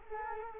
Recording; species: mosquito wingbeat signal from an infrared sensor; Culex quinquefasciatus